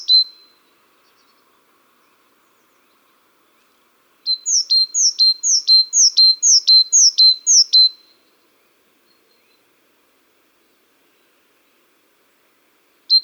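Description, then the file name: Great tit: a short two-note call at the start, then a rapid run of repeated high, sharp two-part notes, and a final note at the end; otherwise quiet. "Parus major"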